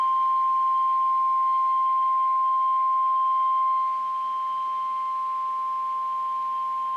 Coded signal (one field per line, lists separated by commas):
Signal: Emergency Alert System (SAME) tones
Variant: 1050 Hz attention tone